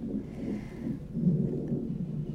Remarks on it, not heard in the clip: He's moving around. Do you guys hear that in my belly? And there's his heartbeat. All the swishing is him moving, and then the heartbeat.